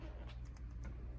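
The output lead plug of a CTEK 5.0 battery conditioner, used on a Porsche 987 Cayman S, is handled against the battery clamp/ring-terminal lead connector as the two halves of the plastic quick-connect are pushed together. Over a steady low hum, faint light ticks of handling are heard around 0.6 s and 0.9 s. Nothing has seated or clicked yet.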